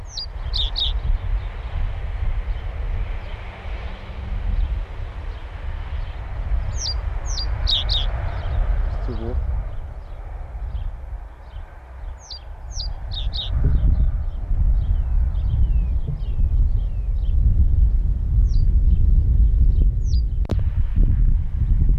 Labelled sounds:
Reed Bunting (Emberiza schoeniclus) song

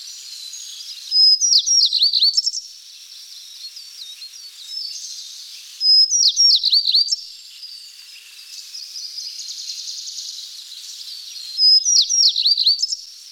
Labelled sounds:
Tristram's Bunting (Emberiza tristrami) song

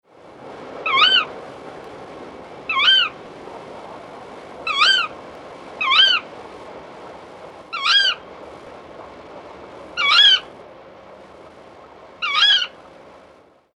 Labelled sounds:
Tawny Owl (Strix aluco)

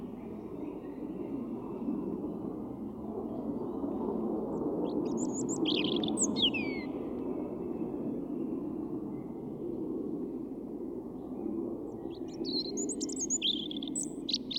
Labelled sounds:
European Robin (Erithacus rubecula) song

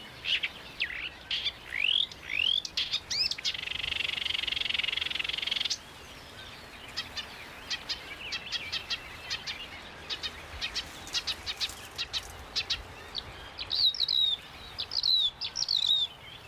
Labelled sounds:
Marsh Warbler (Acrocephalus palustris) song

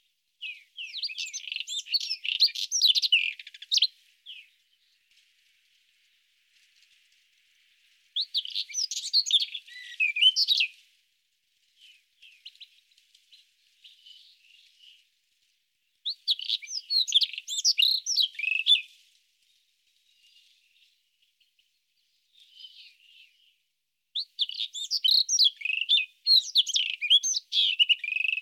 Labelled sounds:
White-throated Robin (Irania gutturalis) song

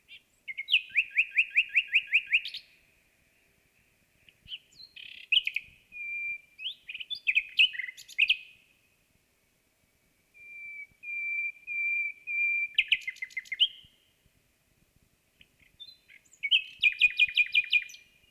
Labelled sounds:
Common Nightingale (Luscinia megarhynchos) song

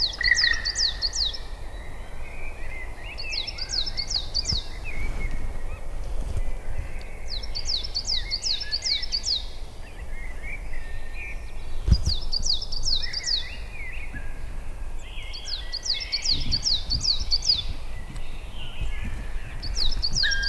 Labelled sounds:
Black Woodpecker (Dryocopus martius) call

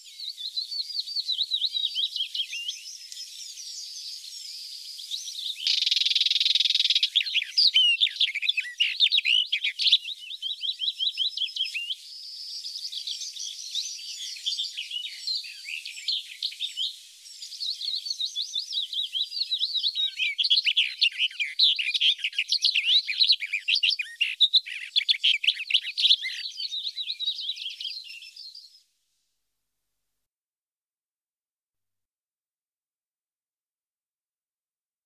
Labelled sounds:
Barred Warbler (Sylvia nisoria) song

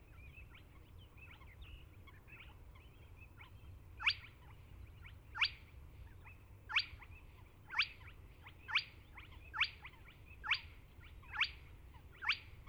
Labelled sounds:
Spotted Crake (Porzana porzana)

